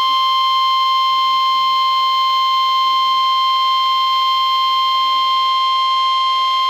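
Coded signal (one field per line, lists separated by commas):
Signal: Emergency Alert System (SAME) tones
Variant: 1050 Hz attention tone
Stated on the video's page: Tornado watch expansion tones with doubled header, NOAA weather radio transmitter at 162.400 MHz, Baltimore, Maryland.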